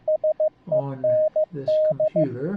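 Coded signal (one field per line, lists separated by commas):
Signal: Morse code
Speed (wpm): 15 wpm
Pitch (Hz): 620 Hz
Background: speech, radio noise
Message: SEND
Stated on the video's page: CW ebook practice from an iCW eBook keyer, streamed through a Raspberry Pi's USB sound card to a Mumble iCW server.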